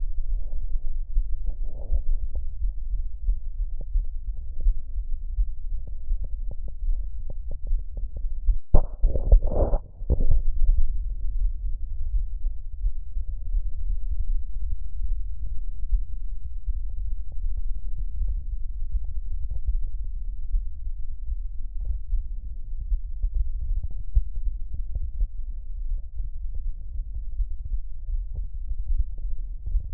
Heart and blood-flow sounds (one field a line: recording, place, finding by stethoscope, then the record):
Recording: heart sounds by stethoscope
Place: aortic valve (AV)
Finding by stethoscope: normal heart sounds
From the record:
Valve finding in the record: normal valve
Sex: female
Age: 27 years